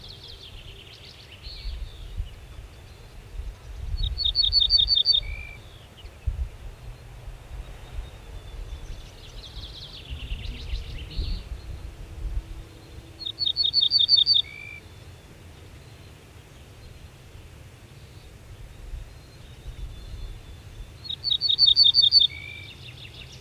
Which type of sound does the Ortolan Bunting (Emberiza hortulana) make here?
song